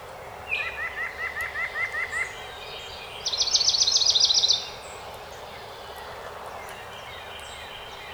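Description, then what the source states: House wren song: a series of short slurred notes, then a dense, rapid bubbling trill bursting out for about a second and a half. Recorded 12 May 2018.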